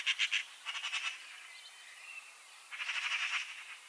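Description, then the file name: Eurasian magpie rasping chatter given in three bursts of quick harsh repeated notes, separated by pauses with faint background chirps. "Pica pica"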